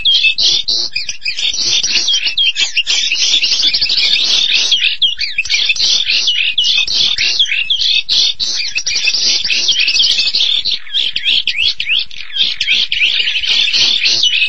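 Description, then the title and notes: Starling song, a dense, unbroken stream of chattery, whistled and scratchy notes, fast and varied, running without pause through the whole stretch. "details Jalak. suara burung jalak"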